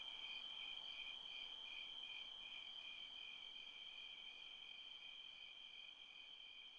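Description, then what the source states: Cricket chirping in a continuous, evenly pulsed high trill over a quiet hiss. Recorded by a creek.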